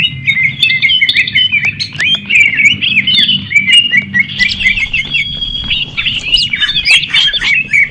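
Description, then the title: Leafbird pouring out rapid, chattering warbles and quick up-and-down whistles in an unbroken, lively phrase, with a low hum in the background. "CUCAK IJO"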